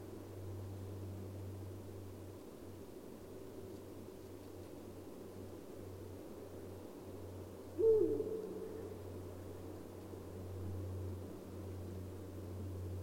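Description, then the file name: Eurasian eagle-owl giving a single deep, short hoot over a low hum and background hiss. "uhu"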